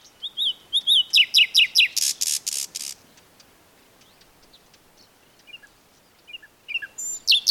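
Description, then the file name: Common nightingale singing quick paired whistles and rapid repeated notes, a harsh buzzy burst, a quiet pause, then new phrases starting. "Luscinia megarhynchos"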